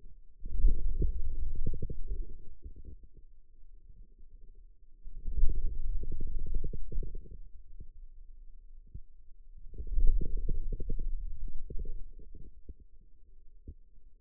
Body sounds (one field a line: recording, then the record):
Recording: forearm muscle sounds (acoustic myography)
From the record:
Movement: hand closing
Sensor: system 2, bracelet of six BSWA MPA416 microphones around the upper forearm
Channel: 3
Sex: male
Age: 22 years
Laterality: right